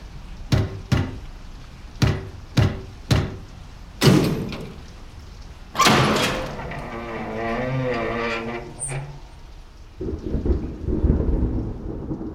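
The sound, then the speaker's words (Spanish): Several sharp mechanical clicks, then a heavy thud and a door swinging open with a long, wavering creak, followed by a low rumbling under steady hissing noise. “La puerta se abrió.”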